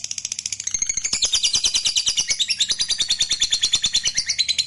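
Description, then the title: Lovebird trill starting softer, then building into loud fast chattering pulses of high notes that continue steadily. Fighter lovebird performing ngekek panjang, a long trill. "Suara Lovebird FIGHTER NGEKEK PANJANG"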